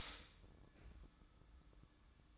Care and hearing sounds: daily activity, microphone in the room; stop toaster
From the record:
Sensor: 3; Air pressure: 1007.2 hPa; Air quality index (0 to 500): 55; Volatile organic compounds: 1 ppm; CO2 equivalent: 594 ppm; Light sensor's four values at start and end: 7/17/7/7 and 7/17/7/7

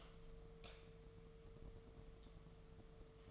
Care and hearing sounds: daily activity, microphone in the room; light off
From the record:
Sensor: 4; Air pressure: 1015.5 hPa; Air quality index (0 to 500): 174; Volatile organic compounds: 7 ppm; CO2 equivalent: 2018 ppm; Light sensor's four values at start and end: 18/43/17/17 and 17/39/16/16

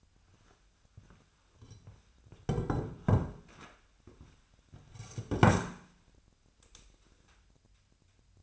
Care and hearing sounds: daily activity, microphone in the room; sit down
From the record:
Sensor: 2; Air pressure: 1007.8 hPa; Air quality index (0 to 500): 179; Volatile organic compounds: 10 ppm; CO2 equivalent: 2198 ppm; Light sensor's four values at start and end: 10/23/10/10 and 10/23/10/10

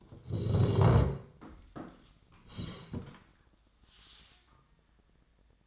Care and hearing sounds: daily activity, microphone in the room; sit down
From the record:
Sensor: 3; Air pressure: 1012.3 hPa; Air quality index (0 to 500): 174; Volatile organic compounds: 3 ppm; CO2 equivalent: 1336 ppm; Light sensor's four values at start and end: 63/155/69/76 and 93/205/98/111

